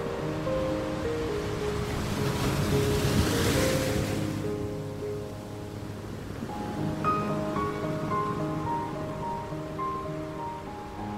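Sea waves wash in with a steady rush of moving water, swelling to a bright, hissing surge between about two and four seconds before easing off. The latter half is calmer, with a low, continuous churn and faint steady tones underneath.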